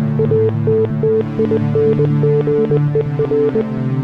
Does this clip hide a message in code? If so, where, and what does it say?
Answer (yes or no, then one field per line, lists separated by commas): yes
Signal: Morse code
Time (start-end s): 0.2-3.6 s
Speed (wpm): 20 wpm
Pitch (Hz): 440 Hz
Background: music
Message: ATTINGER